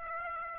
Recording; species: mosquito wingbeat signal from an infrared sensor; Aedes aegypti